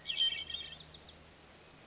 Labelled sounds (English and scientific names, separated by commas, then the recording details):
Hermit Thrush (Catharus guttatus)
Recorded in Sonoma County, California